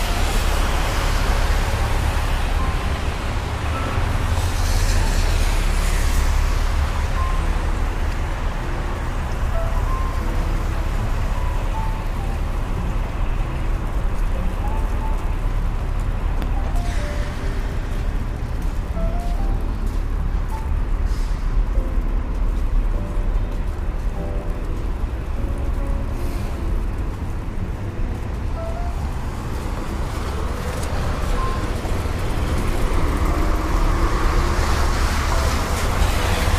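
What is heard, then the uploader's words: Rain on a New York day, with a steady, dense wash of traffic and rain noise running throughout. Low rumble from passing vehicles stays constant, with brighter swishes of tires on wet road around 5, 17 and 34 seconds, and faint voices mixed in. Raining Day In New York.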